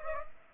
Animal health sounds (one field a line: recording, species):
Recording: mosquito wingbeat signal from an infrared sensor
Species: Culex pipiens